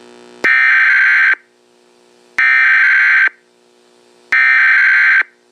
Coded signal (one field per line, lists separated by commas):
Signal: Emergency Alert System (SAME) tones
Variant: header bursts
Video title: Rogue Flare (An EAS Scenario)